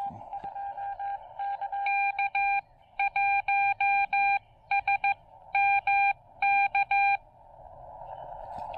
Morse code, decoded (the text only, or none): K1SMK